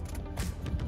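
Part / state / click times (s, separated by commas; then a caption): rear view mirror on windshield mount / not seated / none. An Audi A3/Q3 HomeLink rear view mirror is turned by hand onto its plastic windshield mount base, with the other hand helping on the top piece. Faint handling taps occur at about 0.1, 0.7 and 0.8 s over a steady low hum. Nothing has seated or clicked yet.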